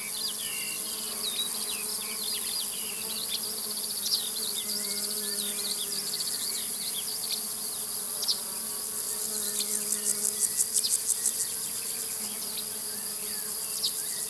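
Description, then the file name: Crickets keep up a constant high-pitched trill over a low hum. In a field. "Sounds from a Field Larks and Crickets"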